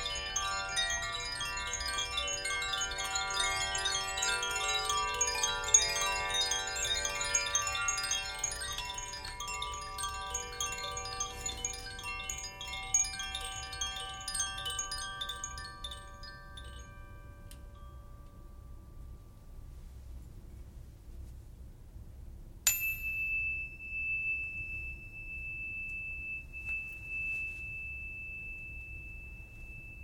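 Tibetan singing bowls ring in a dense, shimmering cluster of tones that slowly thins and fades out by about eighteen seconds. After a pause, a single bright strike near twenty-three seconds leaves one high, steady tone sustaining to the end over a soft low rumble.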